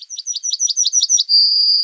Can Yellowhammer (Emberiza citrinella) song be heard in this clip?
yes